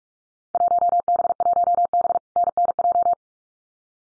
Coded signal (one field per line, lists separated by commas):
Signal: Morse code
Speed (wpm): 46 wpm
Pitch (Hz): 700 Hz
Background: none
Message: 1B1B NNJ